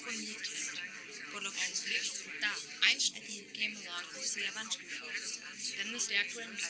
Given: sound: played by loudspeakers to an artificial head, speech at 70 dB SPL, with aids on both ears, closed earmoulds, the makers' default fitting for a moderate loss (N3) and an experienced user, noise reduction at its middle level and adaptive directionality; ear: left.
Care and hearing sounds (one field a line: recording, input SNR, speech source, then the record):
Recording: speech test signal (ISTS) in cocktail-party noise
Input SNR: -6 dB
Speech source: in front (0 degrees)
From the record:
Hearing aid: class 1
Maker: J